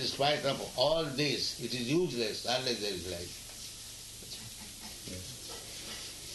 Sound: none

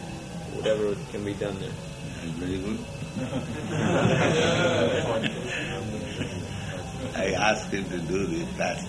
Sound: laughter

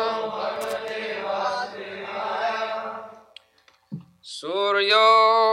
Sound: devotees repeat; leads chanting of verse

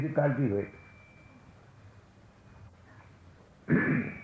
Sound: feedback sound from microphone

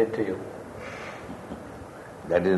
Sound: laughs

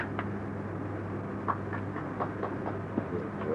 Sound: applause

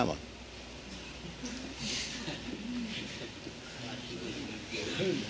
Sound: laughter

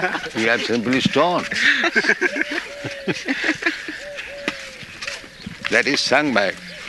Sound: laughter

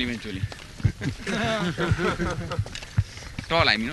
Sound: laughter

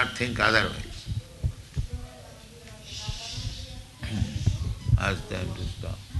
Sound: people talking in background

